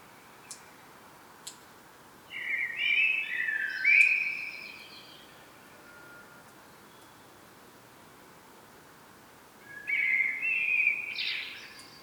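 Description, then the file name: Common blackbird giving two mellow, fluting song phrases with rising squeaky ends, separated by a long pause. Faint clicks are heard early on. "Turdus merula"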